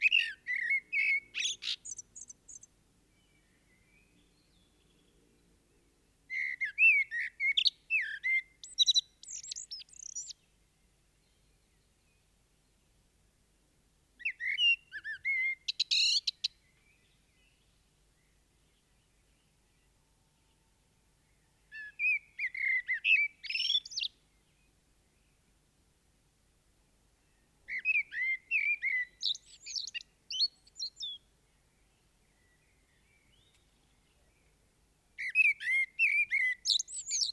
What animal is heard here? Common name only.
Common Blackbird